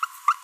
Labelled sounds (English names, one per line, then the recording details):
Green-rumped Parrotlet babbling
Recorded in a nest box in Venezuela
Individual 18B25A5